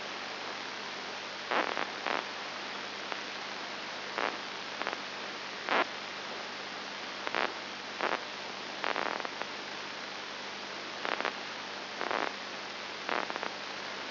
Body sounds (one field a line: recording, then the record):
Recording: brain microelectrode recording played as sound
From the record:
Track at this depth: outside the subthalamic nucleus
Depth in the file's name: 6.5 mm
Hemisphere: left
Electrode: 2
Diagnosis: Parkinson's disease